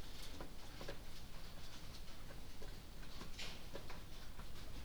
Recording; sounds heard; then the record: poultry house recording; no chicken sound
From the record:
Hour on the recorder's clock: 23